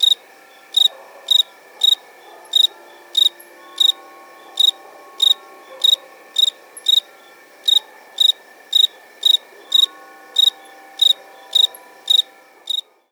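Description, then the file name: Cricket chirps, short high pulsed bursts repeated steadily about every half second, with a faint continuous tone in the background. "Grillo"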